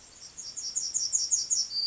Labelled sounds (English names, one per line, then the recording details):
Yellowhammer song
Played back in grassland
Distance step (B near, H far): C
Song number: 044